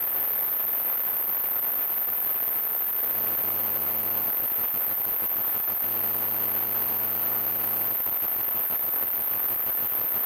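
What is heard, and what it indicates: Simulated tinnitus: a constant very high-pitched ringing tone over steady static hiss, with a low buzzing hum that comes in twice for a couple of seconds.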